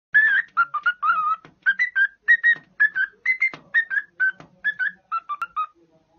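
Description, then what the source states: Cockatiel piping a quick series of short, bright whistled notes that step up and down in a tune-like run, with faint clicks. Labelled Gilaki.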